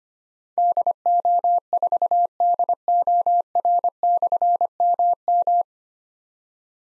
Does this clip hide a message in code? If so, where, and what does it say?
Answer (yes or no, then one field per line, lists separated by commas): yes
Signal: Morse code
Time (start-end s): 0.6-5.6 s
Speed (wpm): 25 wpm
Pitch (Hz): 700 Hz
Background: none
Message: DO4DOR/MM